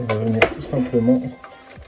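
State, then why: Not seated. A handguard assembly with its grip is handled next to an A&K airsoft PKM replica, ready to be pushed on until it clips into place. Someone talks over faint handling noise and a short sharp tap. Nothing has seated or clicked yet.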